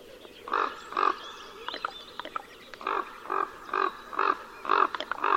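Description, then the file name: Common raven giving rough, croaking caws in an uneven series, with brief clicks between them. "voron golos"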